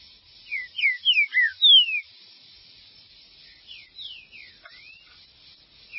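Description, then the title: Green-winged saltator song: a quick phrase of five loud, descending whistled slurs, followed by a softer phrase of falling whistles and a rising note. "Trinca Ferro"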